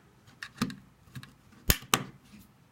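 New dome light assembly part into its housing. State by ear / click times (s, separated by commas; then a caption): seated / 1.7 s, 1.9 s. A new dome light assembly part for a 2010 Mazda 3 is pushed one-handed into its housing, where a little clip holds the wiring. Faint handling clicks come at first, then two sharp snaps at 1.7 and 1.9 seconds as the part seats in place.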